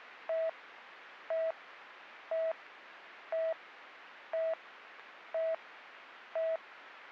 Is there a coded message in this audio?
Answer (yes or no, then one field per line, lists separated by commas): no